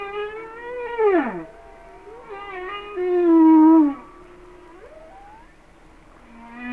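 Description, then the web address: Humpback whale song: a wavering tone drops sharply, then a long steady moan and a rising whoop follow. "Natures Songs Whale Songs Sounds of Nature - Humpback Whales"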